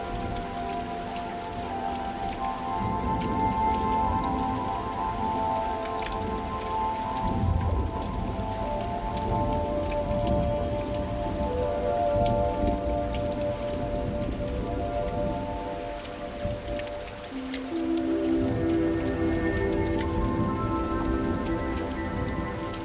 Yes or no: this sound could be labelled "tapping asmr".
no